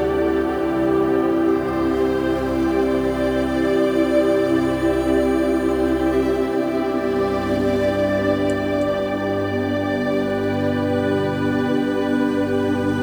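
Piano plays a slow, steady passage of sustained chords, with low bass notes ringing under richer middle tones. The loudness stays even throughout, notes overlapping and blending with no sharp breaks, and only faint brief clicks near the eight-second mark.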